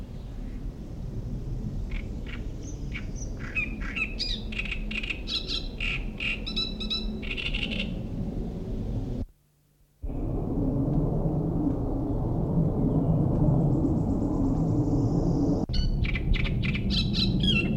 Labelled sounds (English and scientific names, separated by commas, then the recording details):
Great Reed Warbler (Acrocephalus arundinaceus)
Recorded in the wild
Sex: male
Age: adult
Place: Mühlenbeck, Brandenburg, DE
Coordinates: 52.689, 13.356
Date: 1993-05-08 13:10
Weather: sonnig, ca. 23°C
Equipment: Marantz CP 430, Sennheiser ME 80, Kopie Uher Variocord 263
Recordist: Tembrock, Günter
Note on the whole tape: Gesang am N-Ufer